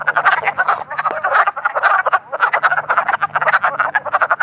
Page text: Wood Frog ( Lithobates sylvaticus ). Wood Frog by Kendrick Trepanier via iNaturalist